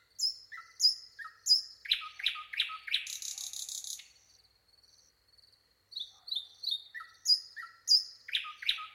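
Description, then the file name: Common nightingale song in two phrases: whistled slurred notes, loud repeated chips and a buzzy trill, a brief pause, then more whistles and chips. "Luscinia megarhynchos"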